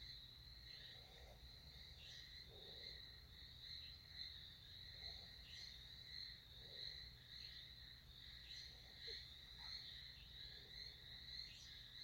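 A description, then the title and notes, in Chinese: On a rainy night, frogs and insects call nonstop. A steady, shrill insect trill holds high throughout, while short, lower frog croaks pop up every second or two. A soft, constant low rumble runs underneath the whole time. 下雨的夜晚窗外的蛙蟲鳴。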